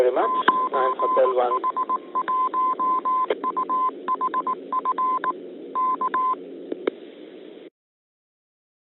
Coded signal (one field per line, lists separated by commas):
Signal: Morse code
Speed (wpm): 19 wpm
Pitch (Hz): 1030 Hz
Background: speech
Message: 9H1UHF K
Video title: 37. 9H-HAM GlobalNet - Main topic: Open [01 Sep 2022]